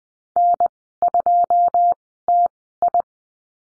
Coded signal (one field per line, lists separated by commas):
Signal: Morse code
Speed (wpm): 20 wpm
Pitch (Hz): 700 Hz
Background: none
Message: N2TI